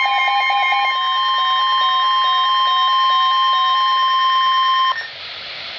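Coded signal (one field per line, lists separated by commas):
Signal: Emergency Alert System (SAME) tones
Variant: 1050 Hz attention tone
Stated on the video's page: Recorded severe thunderstorm warning alert.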